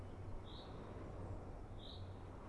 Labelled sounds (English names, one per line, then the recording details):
Common Chaffinch
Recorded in Germany
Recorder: ecoPi